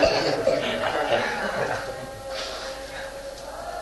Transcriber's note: devotees laugh